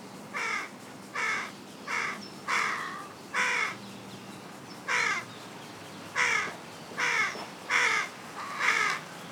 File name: Corvus corone